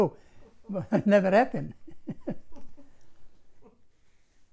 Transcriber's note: laughs